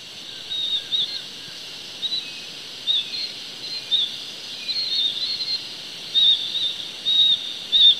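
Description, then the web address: Blue-fronted parrotlet calling: a series of short, high, thin chirps at irregular intervals over a constant background hiss. Recorded in Ecuador. "Birds of Ecuador. Blue-fronted Parrotlet"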